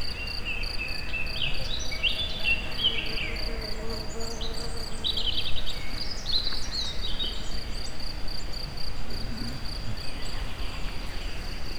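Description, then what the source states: Insect chirping forms a constant high, rapidly pulsed trill, with scattered bird chirps and whistles and a soft low rumble beneath. Recorded in nature at very close range at the Eger tourist house (Egerturistaház).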